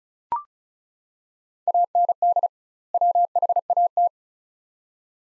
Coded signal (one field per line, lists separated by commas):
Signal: Morse code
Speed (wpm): 36 wpm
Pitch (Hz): 700 Hz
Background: none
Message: AND WHAT